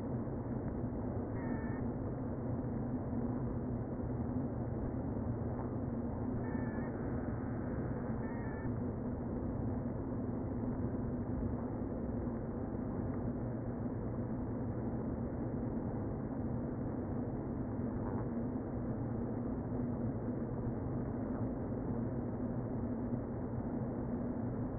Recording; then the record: honeybee colony, microphone inside the hive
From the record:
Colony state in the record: queen present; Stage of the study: before two queens were removed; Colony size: about 60,000 bees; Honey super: yes